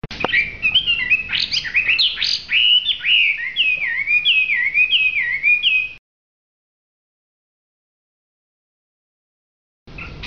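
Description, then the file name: Hwamei song of varied rich whistles and repeated slurred notes for six seconds, then a silent gap before singing resumes briefly. In full song. "audio hwamei gacor. omkicau"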